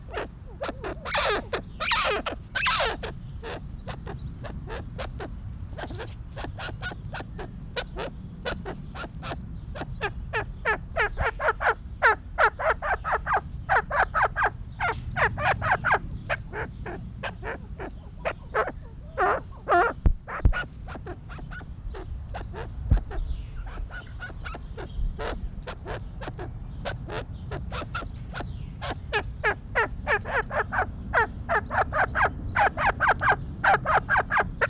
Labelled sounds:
Arabian Partridge call

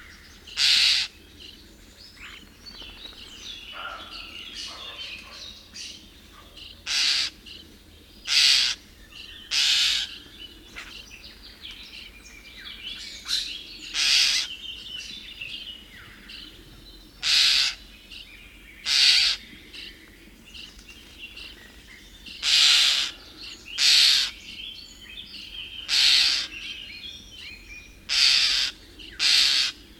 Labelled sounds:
European Starling call

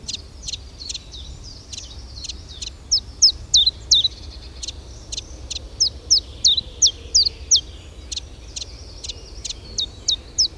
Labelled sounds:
Common Chiffchaff

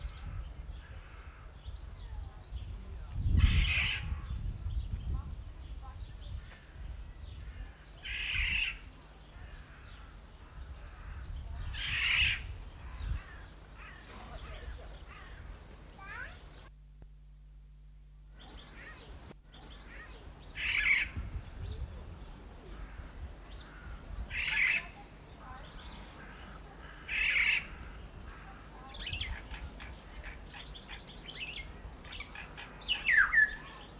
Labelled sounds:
Black-naped Oriole

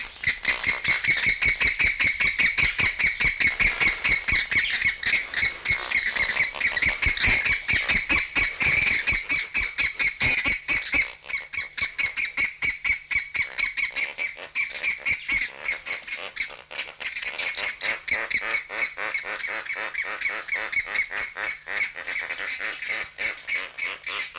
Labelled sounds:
Andean Flamingo

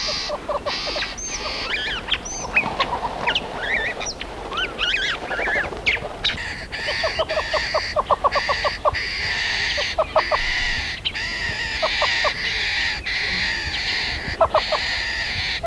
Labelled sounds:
Cape Starling alarm call

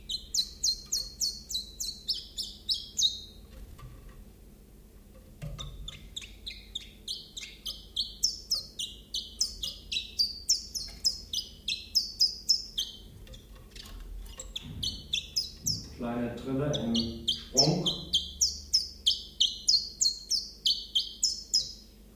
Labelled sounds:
Common Chiffchaff song

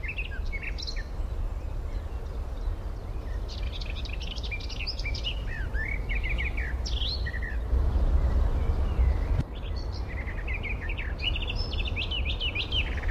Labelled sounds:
Garden Warbler

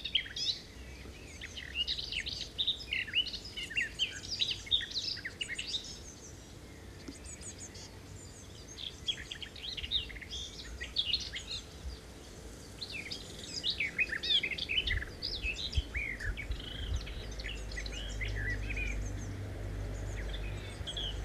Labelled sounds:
Common Whitethroat song

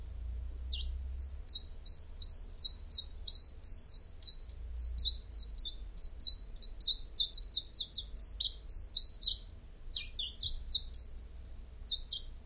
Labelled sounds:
Common Chiffchaff song

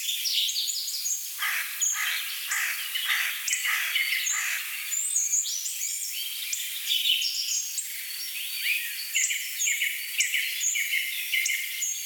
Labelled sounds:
Black Woodpecker

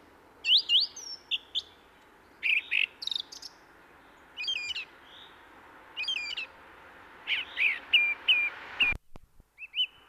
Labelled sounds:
Song Thrush song

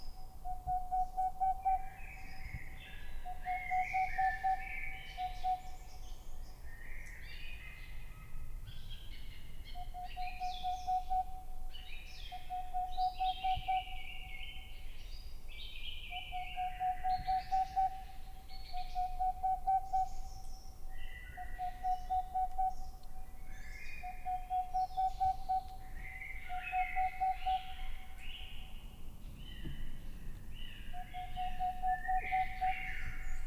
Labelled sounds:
Boreal Owl

